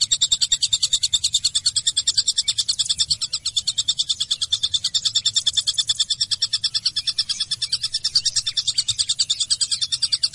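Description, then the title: Java sparrow song, a steady stream of rapid, high, pulsing chirps that carries on without a break. "kicau gelatik"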